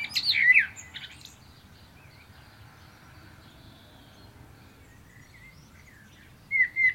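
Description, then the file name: Common blackbird song: a brief rich warble with squeaky high notes, a long quiet stretch, then a short mellow phrase at the end. "Turdus merula"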